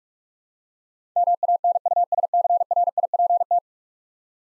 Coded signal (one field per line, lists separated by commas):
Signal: Morse code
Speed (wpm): 41 wpm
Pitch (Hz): 700 Hz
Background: none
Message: MANUSCRIPT